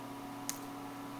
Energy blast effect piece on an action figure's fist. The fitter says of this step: I mean, you might even be able to hear the click as they come off.